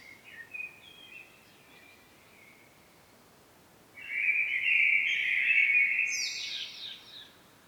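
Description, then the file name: Common blackbird singing: a soft, thin fluted opening, a pause, then a loud rich warbling phrase rising into a high, scratchy twitter. "Turdus merula"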